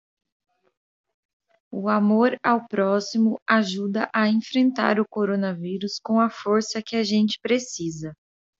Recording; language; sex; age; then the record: spoken sentence; Brazilian Portuguese; female; 30 to 39 years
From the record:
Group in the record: control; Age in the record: 34 years